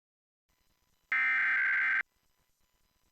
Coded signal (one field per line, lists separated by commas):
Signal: Emergency Alert System (SAME) tones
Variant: header bursts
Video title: EAS Required Monthly Test on MyNetworkTV (WATL) (4/19/2023)